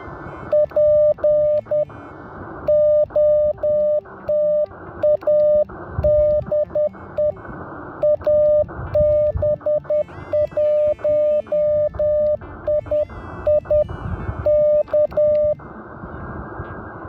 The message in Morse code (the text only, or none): POTA DE AB1II K